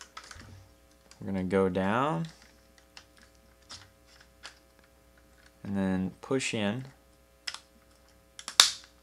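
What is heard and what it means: Someone talks while handling a plastic ROTF Leader Prime transforming robot figure, with faint clicks and taps as a part is moved down and pushed into its joint on the other side. At 8.6 s the part goes in with a sharp, loud snap and is seated.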